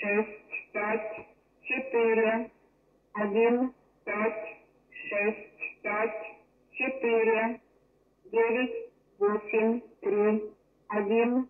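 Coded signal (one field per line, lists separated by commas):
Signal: numbers station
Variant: S06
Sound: a narrow, phone-like voice reading single digits one by one with steady pauses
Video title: S06 Ukraine intelligence number station complete message recording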